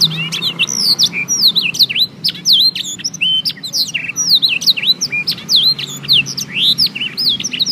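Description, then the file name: Canary song in a continuous, lively flow of high slurred whistles, quick chips and short trills, steady throughout, over faint background hum. Canary singing a full blackthroat-style song, used as tutoring audio. "audio kenari new obelix jr full blackthroat omkicau"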